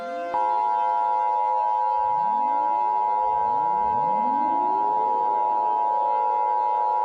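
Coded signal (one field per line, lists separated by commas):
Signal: Emergency Alert System (SAME) tones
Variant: 853 and 960 Hz attention tone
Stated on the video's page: Reconstructed real EAS alerts with valid tones from the North Dallas EF3 tornado.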